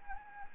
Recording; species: mosquito wingbeat signal from an infrared sensor; Anopheles gambiae